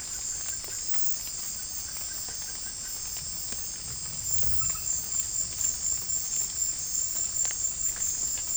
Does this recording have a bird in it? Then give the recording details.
no. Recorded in pastures near Puerto Asís, Putumayo, Colombia, on 13 March 2025 at 23:00. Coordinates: 0.505, -76.324. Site GP08